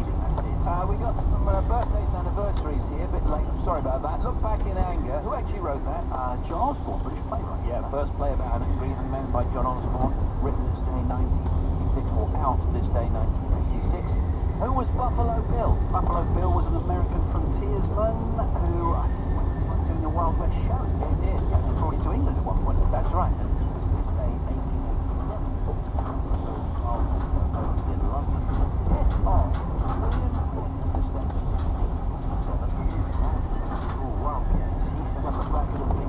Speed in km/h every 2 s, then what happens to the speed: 19, 23, 23, 26, 29, 29, 27, 31, 31, 29, 27, 31, 29, 27, 26, 26, 24, 27.
0-13 speeds up to 31. 13-33 steady at about 27.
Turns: none.